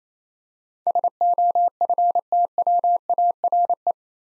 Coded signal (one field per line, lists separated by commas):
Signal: Morse code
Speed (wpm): 28 wpm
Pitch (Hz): 700 Hz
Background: none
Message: SOFTWARE